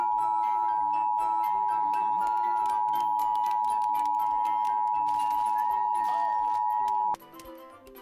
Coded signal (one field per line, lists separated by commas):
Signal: Emergency Alert System (SAME) tones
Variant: 853 and 960 Hz attention tone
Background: music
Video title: Eas alarm while airing pingu